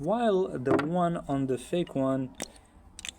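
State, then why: Partly seated. A plastic cap is pressed onto a counterfeit Acqua di Gio Absolu perfume bottle while someone talks. Two short clicks are heard at 3.0 s and 3.1 s, but the cap fits loosely and feels like it could come off, unlike the authentic cap that clicks tightly into place.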